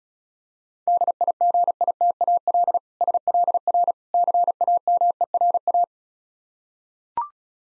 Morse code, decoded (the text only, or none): DIGITAL SLR CAMERA